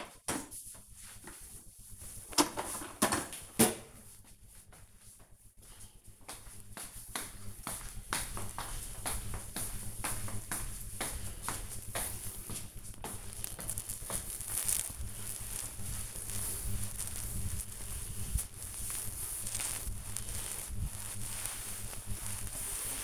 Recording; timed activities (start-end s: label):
household activities, microphone on the right wrist
13.10-23.03 s: cleaning table